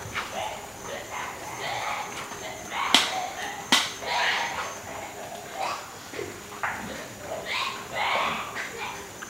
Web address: Natures Songs S America Mammals of the Rainforest White-lipped peccary